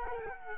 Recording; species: mosquito wingbeat signal from an infrared sensor; Culex quinquefasciatus